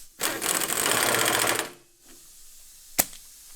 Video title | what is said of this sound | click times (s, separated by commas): We Broke 2 WORLD RECORDS in One Night - INSANE 1/8th Mile Drag Racing Mini Bikes! | Click. There it is. Click. You heard it. | 3.0 s